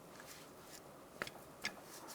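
The inner end of a 2001-2005 Honda Civic CV axle, a splined steel shaft, is pushed by hand into the transmission, giving a quiet background with brief sharp metallic knocks at about 1.2, 1.3 and 1.7 seconds. The axle has not seated or popped in flush; nothing has clicked into place yet.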